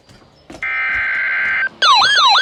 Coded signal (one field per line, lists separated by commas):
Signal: Emergency Alert System (SAME) tones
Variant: header bursts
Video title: Severe Thunderstorm Warning for my county! (5/25/19) (EAS #226)